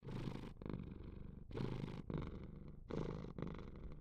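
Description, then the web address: Cat purring, a low rumbling vibration in alternating phrases separated by brief gaps. "Wearables Cat Purr"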